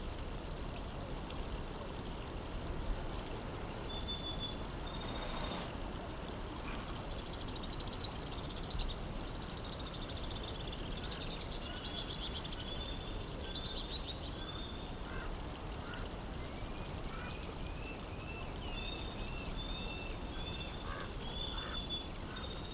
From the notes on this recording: an ambient mix of daytime sounds from 19th century California